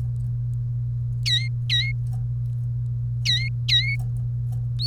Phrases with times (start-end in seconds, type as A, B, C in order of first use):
1.26-1.92 A, 3.25-3.96 A